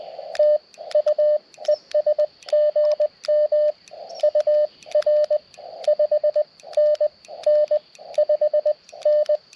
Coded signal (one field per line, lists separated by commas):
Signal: Morse code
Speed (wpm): 19 wpm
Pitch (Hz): 590 Hz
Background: radio noise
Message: TU ES GM UR 5NN 5N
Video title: EDC Ham Radio Go-Kit for QRP POTA - 5/23/23 @ K-3864